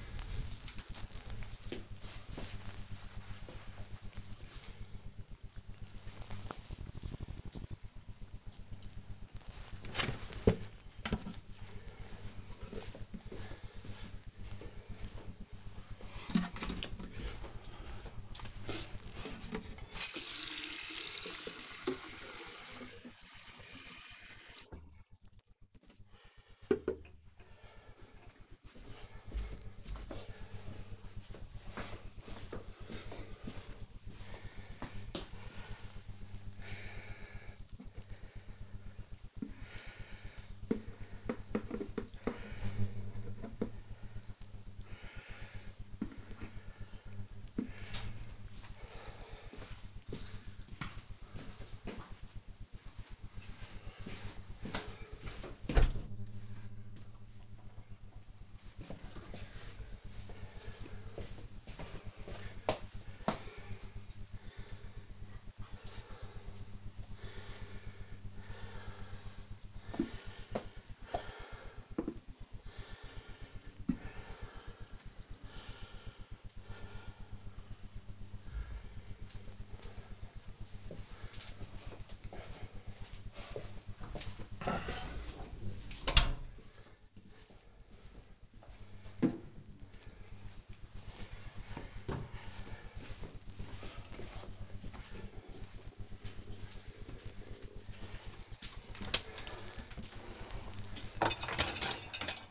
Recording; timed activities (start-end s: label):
household activities, microphone on the right wrist
14.98-78.34 s: watering plant
98.44-102.51 s: cleaning out the dishwasher